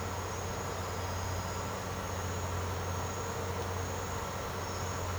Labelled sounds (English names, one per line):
none